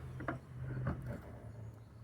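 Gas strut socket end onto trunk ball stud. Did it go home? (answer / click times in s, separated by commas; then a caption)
yes / 0.2 s, 0.3 s. A new gas strut's socket end on a 2006–2013 Lexus IS250/IS350/IS F trunk is slid and pushed onto the front ball stud as part of a trunk strut upgrade. It pops on with sharp clicks at 0.2 s and 0.3 s, followed by another faint knock near 0.9 s over a steady low hum. The strut end is seated on the ball stud.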